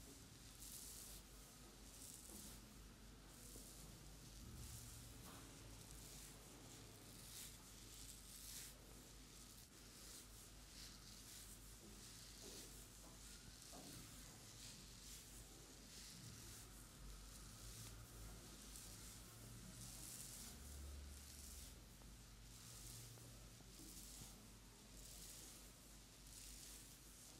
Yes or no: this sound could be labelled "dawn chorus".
no